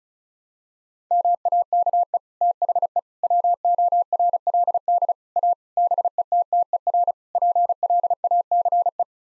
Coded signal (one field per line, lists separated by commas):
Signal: Morse code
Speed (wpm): 36 wpm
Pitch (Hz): 700 Hz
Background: none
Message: MAKE THE WORLD A BETTER PLACE